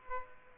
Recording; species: mosquito wingbeat signal from an infrared sensor; Aedes aegypti